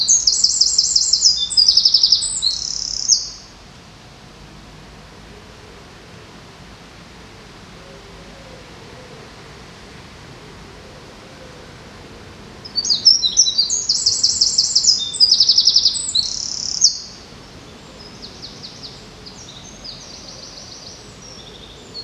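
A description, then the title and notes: Along a river, a small bird sings two bright, high, rapid bursts of chirping, one at the start lasting about three seconds and another from about 13 to 17 seconds. Between them a soft, steady outdoor hush continues, with faint low rumble underneath. Sounds along the river in Odense, Denmark.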